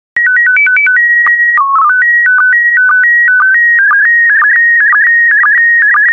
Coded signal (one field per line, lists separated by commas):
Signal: SSTV (slow-scan television)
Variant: PD 120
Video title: 84068 Roses by Diane Rose Therrien SSTV PD120